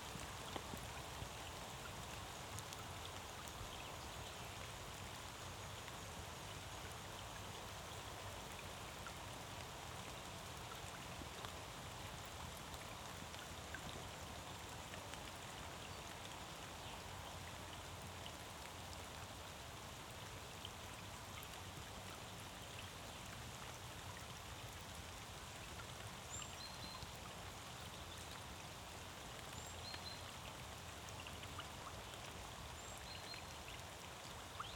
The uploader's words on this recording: Clowes Wood, The Blean, Kent - Rain. Light rain falling into a pond. SD744T & BP4025 in Rycote.